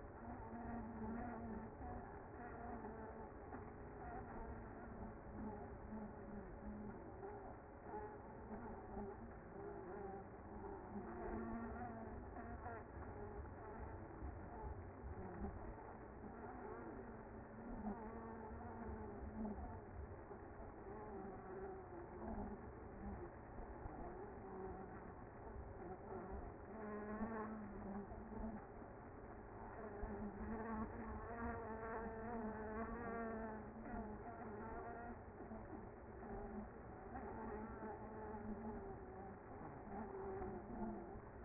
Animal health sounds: honeybee colony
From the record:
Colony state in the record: active

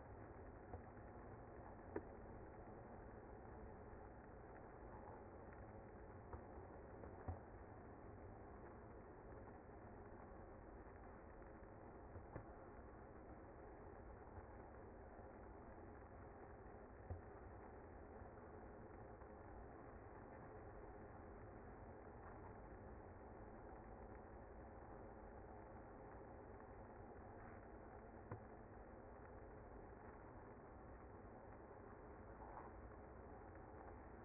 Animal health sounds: honeybee colony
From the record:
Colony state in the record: active

